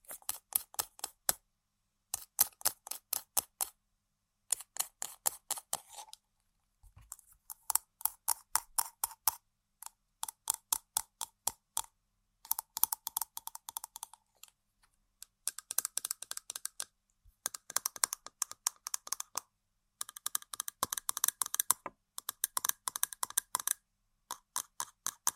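Quick tapping and scratching on assorted objects comes in short bursts of dense, rapid clicks, each lasting a second or two with brief silent gaps between. The clicks sound crisp and bright, with a ringing tone in some bursts, and grow busier and brighter toward the end.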